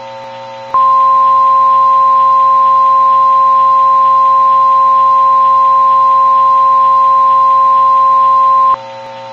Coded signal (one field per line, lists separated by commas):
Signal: Emergency Alert System (SAME) tones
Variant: 1050 Hz attention tone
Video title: (EAS MOCK) Who's fault was THIS?!?!?!? 6/12/2007